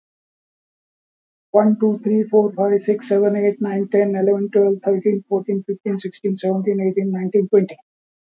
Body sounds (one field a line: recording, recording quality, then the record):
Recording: counting at a fast pace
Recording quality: excellent, no background noise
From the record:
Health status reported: COVID-19 positive, mild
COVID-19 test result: positive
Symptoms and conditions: sore throat, diabetes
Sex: male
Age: 70 years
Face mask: not worn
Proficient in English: yes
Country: India